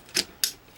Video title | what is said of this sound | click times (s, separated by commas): Transformers FanProjects Shadow Commander Upgrade Kit | like that that you hear the snap | 0.4 s